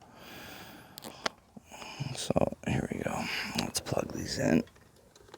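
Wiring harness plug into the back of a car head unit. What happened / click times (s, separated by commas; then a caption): The wiring plugs are handled but not yet seated / none. Plastic wiring harness plugs are handled at the back of a broken 10.25-inch aftermarket Android car stereo head unit during installation, with the car off and the battery unplugged. Someone talks over handling rustle and a few sharp taps near 1.0, 1.0 and 1.3 seconds. The clip ends before the plugs go home; nothing has seated or clicked yet.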